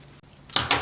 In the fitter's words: and then push it down with your thumb until it clicks into place.